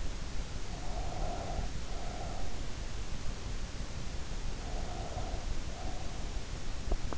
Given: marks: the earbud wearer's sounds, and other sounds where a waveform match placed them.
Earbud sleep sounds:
sounds in sleep by an in-ear microphone; breath
0.51-2.66 s: breath
4.70-7.18 s: breath

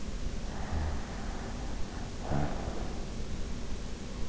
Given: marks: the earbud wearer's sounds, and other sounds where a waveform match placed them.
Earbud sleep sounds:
sounds in sleep by an in-ear microphone; snoring breath
0.36-3.19 s: snoring breath

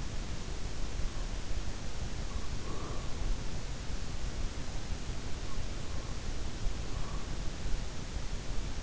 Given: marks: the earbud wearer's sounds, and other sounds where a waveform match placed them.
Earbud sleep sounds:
sounds in sleep by an in-ear microphone; breath
2.18-3.55 s: breath

